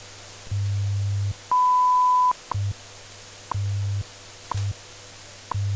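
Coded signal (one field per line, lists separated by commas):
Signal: radio time signal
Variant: WWV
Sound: clicks each second, low hum pulses of varying length, one long high beep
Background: radio static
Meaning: The 0.8-second 1000 Hz tone marks the start of a minute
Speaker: this is radio station wwv fort collins colorado broadcasting on internationally allocated standard carrier frequencies of 2.5 5 10 15 and 20 megahertz providing time of day standard time interval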